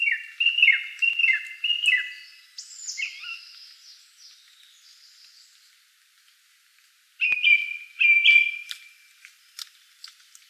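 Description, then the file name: Song thrush song: a phrase repeated three times, varied squeaky notes, a short pause, then further repeated phrases. Recorded 12 June 2013. "12 06 2013 Singdrossel"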